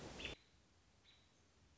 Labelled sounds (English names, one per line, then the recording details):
American Robin
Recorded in Sonoma County, California